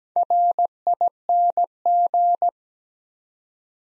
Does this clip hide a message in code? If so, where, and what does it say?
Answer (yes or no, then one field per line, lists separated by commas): yes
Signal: Morse code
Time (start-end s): 0.2-2.5 s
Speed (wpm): 17 wpm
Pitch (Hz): 700 Hz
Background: none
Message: RING